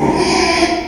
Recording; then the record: squeal of a Yucatan mini pig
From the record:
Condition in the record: after surgery on the right vocal fold (resection and tissue-engineered implant); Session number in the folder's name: 2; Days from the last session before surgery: 13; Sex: male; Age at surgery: 12 weeks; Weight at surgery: 13 kg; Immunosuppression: cyclosporine, prednisolone